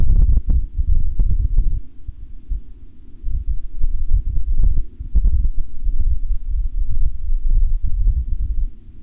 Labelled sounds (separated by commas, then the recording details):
wind, aircraft
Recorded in the Arctic National Wildlife Refuge, Alaska, on 10 August 2019 at 02:20
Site 44